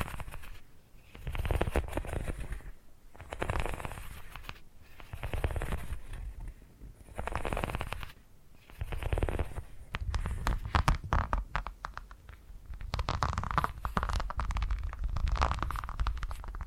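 Purring comes in rhythmic swells, each lasting about a second and a half with short quiet gaps between, a low rumbling vibration with a breathy rasp on top. After about ten seconds it turns denser and more continuous, with crackly fluttering texture.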